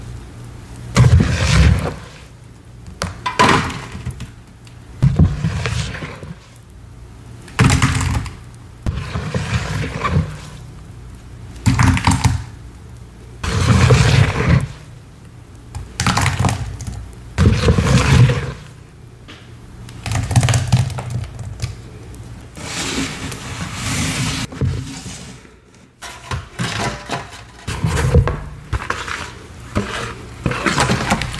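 Gym chalk and cornstarch being crushed and handled, heard as bursts of crunching and soft squeaky compression separated by short quiet gaps. The squeezes come roughly every two to three seconds, each a dense, gritty rush with a low thud underneath, and there is a brief silence near 26 seconds.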